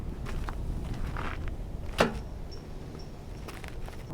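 A retractable side step on the bed side of a 2015 Ford F-150 Platinum pickup is pushed back into its stowed position, which takes more force than deploying it. After some faint scuffs and light knocks, a louder thud is heard at 2.0 s as it seats in place.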